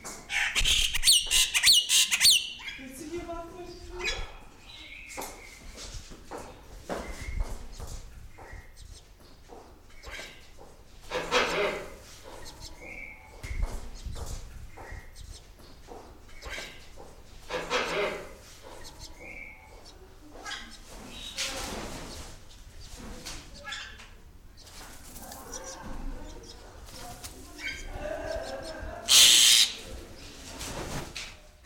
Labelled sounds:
Wreathed Hornbill (Rhyticeros undulatus) call

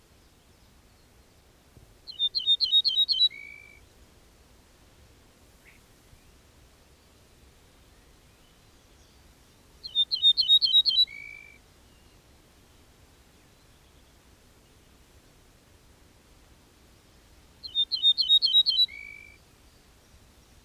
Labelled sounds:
Ortolan Bunting (Emberiza hortulana) song

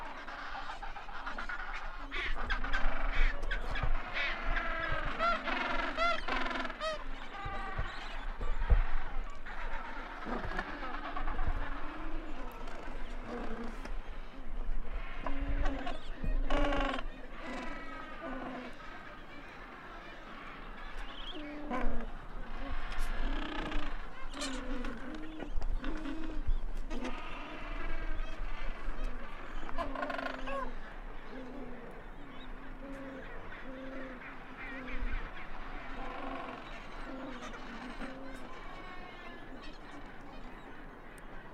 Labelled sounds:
Gentoo Penguin (Pygoscelis papua) call

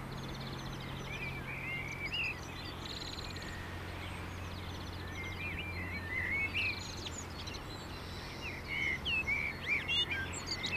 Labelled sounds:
Common Blackbird (Turdus merula) song

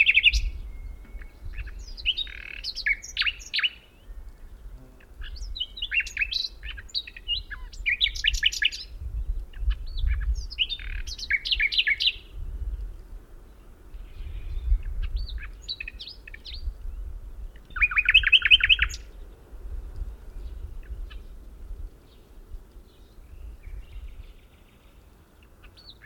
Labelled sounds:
Common Nightingale (Luscinia megarhynchos) song

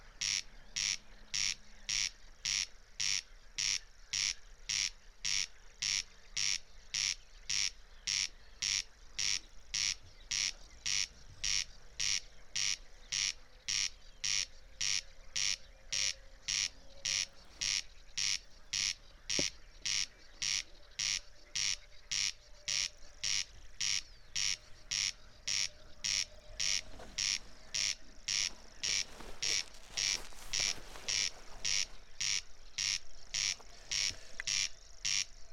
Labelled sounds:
Corn Crake (Crex crex) song

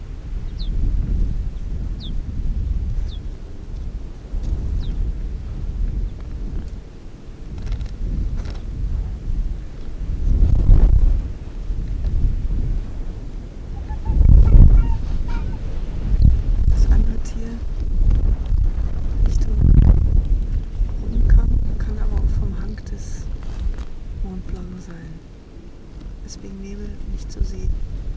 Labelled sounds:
Arctic Fox (Vulpes lagopus)

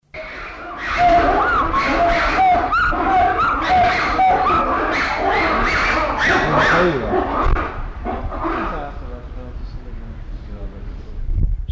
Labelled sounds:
Black-and-white Ruffed Lemur (Varecia variegata) call

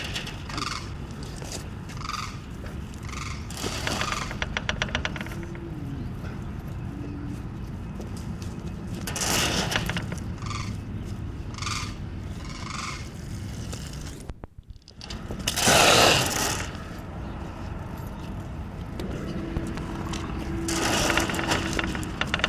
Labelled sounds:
Southern Cassowary (Casuarius casuarius) aggressive call

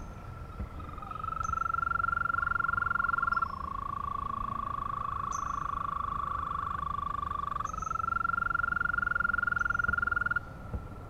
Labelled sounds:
Green Toad (Bufo viridis) call

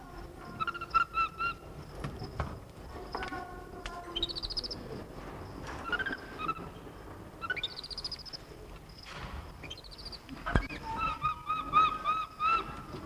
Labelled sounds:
White-fronted Capuchin (Cebus albifrons) call

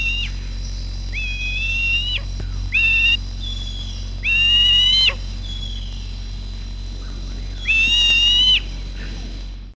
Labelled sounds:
Harpy Eagle (Harpia harpyja) call

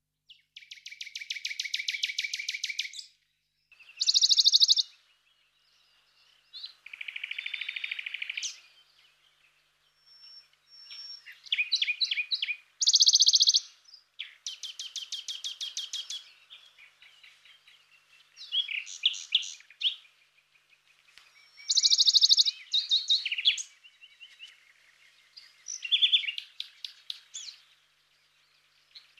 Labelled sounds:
Western Bonelli's Warbler (Phylloscopus bonelli) song

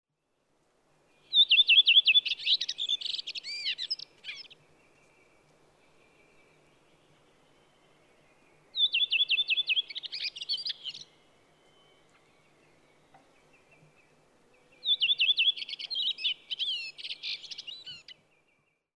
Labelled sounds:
Redwing (Turdus iliacus)

